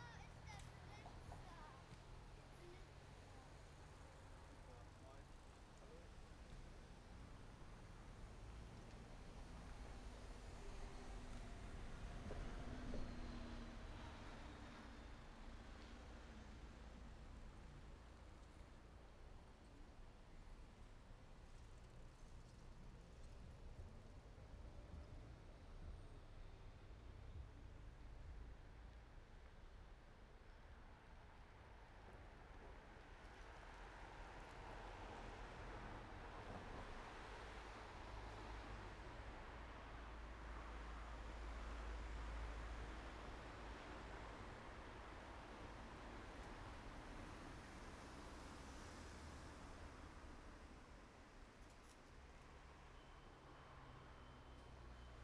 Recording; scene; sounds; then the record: everyday scene through a hearing-aid microphone; in traffic; traffic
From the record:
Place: main road on the outskirts, rush hour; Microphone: behind the ear, right, rear